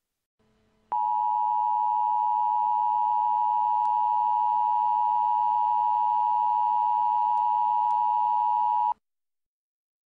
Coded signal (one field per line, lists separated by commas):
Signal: Emergency Alert System (SAME) tones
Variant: 853 and 960 Hz attention tone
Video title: Civl Danger Warning in Hawaii!!! [EAS Re-Make] [EAS Mock]